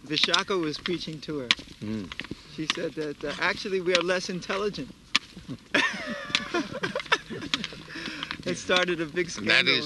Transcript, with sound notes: Viśākhā was preaching to her. She said that "Actually, we are less intelligent." [laughter] That started a big scandal...